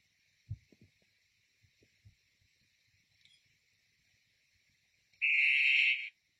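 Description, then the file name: Blue poison dart frog: scattered soft taps and clicks, then a Blue poison dart frog delivers one smooth high buzzing trill near the end. "tinctorius azureus calling"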